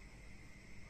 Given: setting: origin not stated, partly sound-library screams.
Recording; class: one-second piece from a danger detection set; normal situation